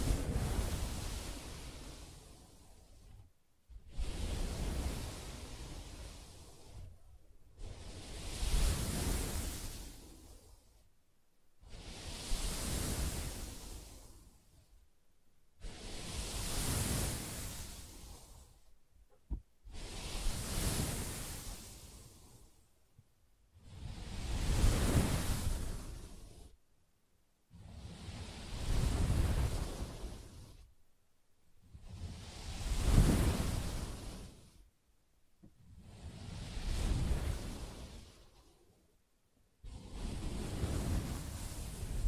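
Soft fabric is scratched in long, even strokes, each a hissing swell that rises and fades over about three seconds, with short quiet gaps between. About ten strokes repeat at a steady pace, close-up and full, with a faint low rumble under each.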